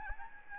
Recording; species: mosquito wingbeat signal from an infrared sensor; Aedes albopictus